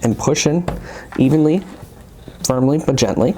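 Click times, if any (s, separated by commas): none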